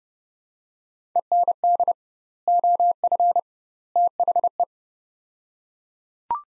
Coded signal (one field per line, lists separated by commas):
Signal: Morse code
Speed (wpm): 30 wpm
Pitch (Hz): 700 Hz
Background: none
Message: END OF THE